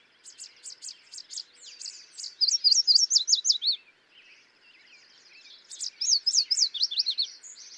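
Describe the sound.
Yellow warbler with two bright songs of sweet repeated notes ending in rapid slurred twists, separated by a pause.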